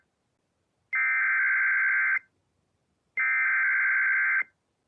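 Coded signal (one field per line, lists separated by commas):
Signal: Emergency Alert System (SAME) tones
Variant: header bursts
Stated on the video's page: Real Severe Thunderstorm Warning EAS alert, recording credited to other channels.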